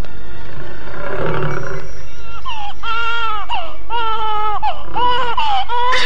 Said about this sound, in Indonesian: Tampak Raden Sakapalwaguna begitu cemas mendengar suara harimau di dekat suara tangis bayi itu.